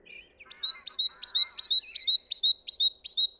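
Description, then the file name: Great tit giving a ringing two-note phrase, repeated several times in quick regular rhythm, with softer chattering notes early on. "Parus major"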